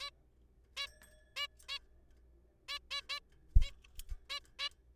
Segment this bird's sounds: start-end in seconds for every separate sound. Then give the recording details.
0.01-0.10, 0.77-0.87, 1.36-1.47, 1.69-1.78, 2.69-2.78, 2.91-3.01, 3.09-3.19, 3.62-3.70, 4.30-4.39, 4.59-4.68. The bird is a juvenile. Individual R3428